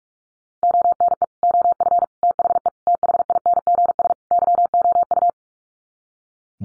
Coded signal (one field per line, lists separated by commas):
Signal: Morse code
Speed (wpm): 44 wpm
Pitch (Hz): 700 Hz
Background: none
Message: ONE OF THE THINGS YOU